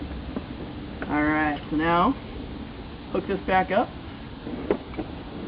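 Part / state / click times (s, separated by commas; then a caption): hose quick-connect coupling onto portable rinse tank / not seated / none. With the switch off, a plastic hose quick-connect coupling is being handled to hook it back onto a portable pressurized rinse tank while someone talks. A few faint ticks and knocks of handling are heard, but nothing has seated or clicked yet.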